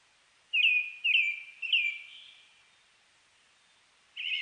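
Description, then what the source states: Brown-headed thrush giving three falling whistled notes in quick succession, a pause, then the start of a husky high note. Recorded 29 May 2004.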